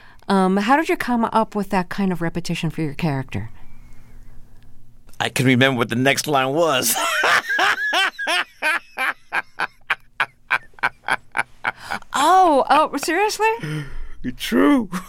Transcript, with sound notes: How did you come up with that kind of repetition for your character?
I couldn't remember what the next line was (laughter).
Oh, seriously?
True